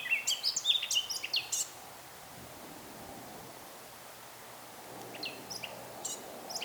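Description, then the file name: Eurasian blackcap song, a brisk warbled phrase in the first two seconds, then near silence with a few faint high notes near the end. "Sylvia atricapilla"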